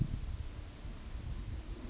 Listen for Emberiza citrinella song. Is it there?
no